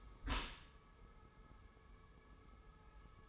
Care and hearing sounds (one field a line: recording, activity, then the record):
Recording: daily activity, microphone in the room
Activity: close dishwasher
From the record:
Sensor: 1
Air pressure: 1015.0 hPa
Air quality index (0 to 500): 25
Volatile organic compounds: 0 ppm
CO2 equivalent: 503 ppm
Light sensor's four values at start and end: 13/30/12/13 and 13/30/12/13